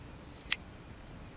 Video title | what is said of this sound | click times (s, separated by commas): Battery Tender TM Plug Installation on my Key West 1720 - May, 2019 | you stick it in turn the knob and your knob locks in place and clamps that in place | 0.5 s